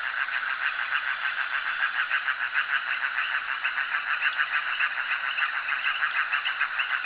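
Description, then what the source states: Frog chorus of quick, repeated pulsing calls layered together without pause, an even rhythmic throb held for the whole stretch. Frogs calling at a jetty.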